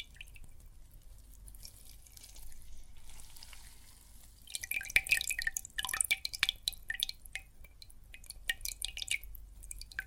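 Water and soap foam crackle and fizz in a soft wash of tiny pops and drips. The first four seconds stay quiet and hissy. Then a denser burst of bright, quick crackling and dripping starts around five seconds and comes and goes through the end.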